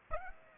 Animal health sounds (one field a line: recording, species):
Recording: mosquito wingbeat signal from an infrared sensor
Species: Aedes aegypti